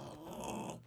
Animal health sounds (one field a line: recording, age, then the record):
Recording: pig call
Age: piglet (1 to 25 days)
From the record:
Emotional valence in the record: negative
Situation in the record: castration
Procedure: castration, shear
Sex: male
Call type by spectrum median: low-frequency call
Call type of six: low-frequency stable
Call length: 0.86 s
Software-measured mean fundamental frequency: 59 Hz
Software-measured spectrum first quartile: 360 Hz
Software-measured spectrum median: 812 Hz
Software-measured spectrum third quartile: 2256 Hz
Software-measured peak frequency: 211 Hz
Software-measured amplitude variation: 115 dB a second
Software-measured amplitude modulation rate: 27.8 a second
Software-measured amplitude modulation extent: 4.2 dB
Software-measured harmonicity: 1.4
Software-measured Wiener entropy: -2.45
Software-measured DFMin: 964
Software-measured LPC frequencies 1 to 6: 570, 892, 2626, 3239, 4483, 5561 Hz